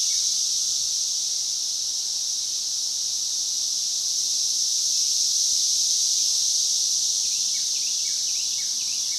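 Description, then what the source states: Cicadas drone in an unbroken high hiss, with short falling chirps near the end. Multiple cicadas.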